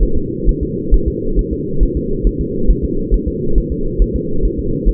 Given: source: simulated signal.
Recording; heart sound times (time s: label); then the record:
fetal heart sounds
0.03 s: S1
0.17 s: S2
0.49 s: S1
0.63 s: S2
0.94 s: S1
1.08 s: S2
1.39 s: S1
1.53 s: S2
1.83 s: S1
1.97 s: S2
2.27 s: S1
2.41 s: S2
2.70 s: S1
2.84 s: S2
3.14 s: S1
3.28 s: S2
3.58 s: S1
3.72 s: S2
4.02 s: S1
4.16 s: S2
4.45 s: S1
4.59 s: S2
4.89 s: S1
From the record:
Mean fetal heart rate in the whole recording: 135 bpm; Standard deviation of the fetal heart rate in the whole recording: 3 bpm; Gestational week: 36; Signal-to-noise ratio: -8.1 dB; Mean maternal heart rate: 72 bpm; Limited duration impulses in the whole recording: present